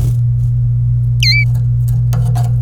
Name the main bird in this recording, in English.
Domestic Canary